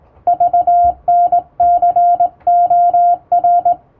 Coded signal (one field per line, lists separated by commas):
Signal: Morse code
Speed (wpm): 20 wpm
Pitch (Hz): 700 Hz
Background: music, radio noise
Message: VNCOR